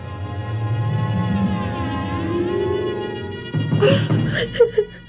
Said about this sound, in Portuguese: Ei, que há com você, rapazinho? Por que está chorando?